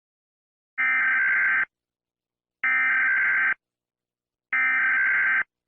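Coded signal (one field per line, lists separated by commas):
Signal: Emergency Alert System (SAME) tones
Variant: header bursts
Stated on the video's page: Fictional dark EAS scenario, full version.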